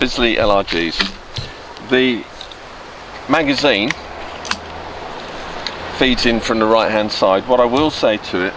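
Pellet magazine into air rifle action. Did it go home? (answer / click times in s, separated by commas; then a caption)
no / none. Someone talks while a rotary pellet magazine is fed into the right-hand side of the action of a Remington T-Rex .22 sub-12 ft-lb air rifle, with short knocks around 2.4, 2.5, 4.5 and 5.7 seconds as it bumps to a definite stop. Nothing has clicked or locked into place yet; the magazine slides in and out easily.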